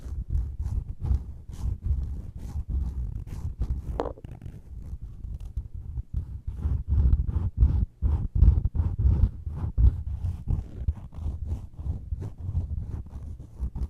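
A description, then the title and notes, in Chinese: Fluffy ear cleaning: a muffled, deep rumbling rub runs throughout, broken by frequent soft scratches and crisp little taps at an uneven pace. Near four seconds a brief brighter rustle stands out, and the strokes grow busier toward the end. 絨毛掏耳。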